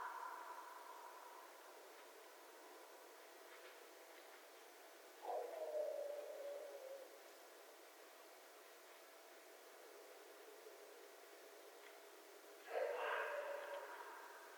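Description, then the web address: Red fox with two drawn-out hoarse calls about seven seconds apart, each starting sharply and trailing off into a lower rasp. Recorded 11 January 2012. "sounds mammals Red Fox 2012 01 11 Red Fox long"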